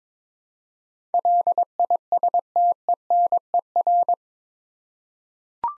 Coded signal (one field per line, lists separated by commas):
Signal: Morse code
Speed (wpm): 23 wpm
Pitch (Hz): 700 Hz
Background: none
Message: LISTENER